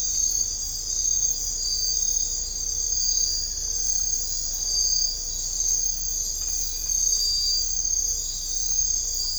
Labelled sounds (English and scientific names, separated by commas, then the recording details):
none
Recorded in dense forest near Puerto Asís, Putumayo, Colombia, on 21 December 2024 at 04:30
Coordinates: 0.500, -76.322
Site G053